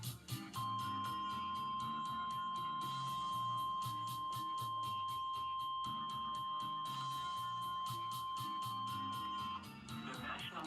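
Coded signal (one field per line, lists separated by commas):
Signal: Emergency Alert System (SAME) tones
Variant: 1050 Hz attention tone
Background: speech, music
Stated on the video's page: Weekly test broadcast live.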